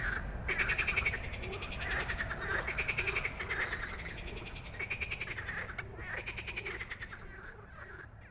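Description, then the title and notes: Frog chorus of many rattling, pulsed calls in bursts of about a second, overlapping and fading slightly toward the end. Many frogs giving an evening chorus after dark in Stromovka Park, Prague, 18 May 2022, from 22:08; recorded with a Sony PCM-D100. "Stromovka Park, Prague - Frog concert at Stromovka after dark. Już z daleka słyszałem, że gdzieś blisko jest gęsto od żab i dają wieczorny koncert. I heard from afar that there is a lot of frogs somewhere near and they are giving an evening concert"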